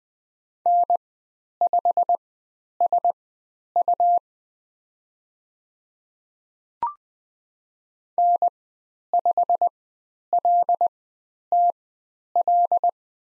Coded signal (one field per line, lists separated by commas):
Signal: Morse code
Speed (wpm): 20 wpm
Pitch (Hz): 700 Hz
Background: none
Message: N5SU N5LTL